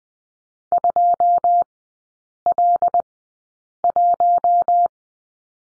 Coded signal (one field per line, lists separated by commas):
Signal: Morse code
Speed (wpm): 20 wpm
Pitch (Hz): 700 Hz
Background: none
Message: 2L1